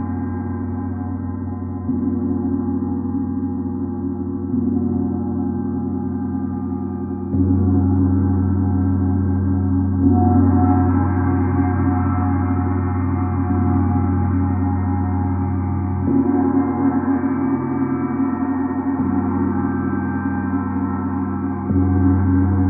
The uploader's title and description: Jupiter Gong Sound Immersion. The Jupiter gong resonates at the approximate musical note of F#